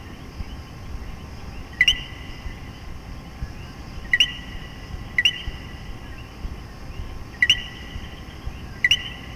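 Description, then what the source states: Spaced common coquí calls, five two-note 'co-qui' phrases separated by one- to two-second pauses, over a constant high background chorus and low rumble. In Puerto Rico.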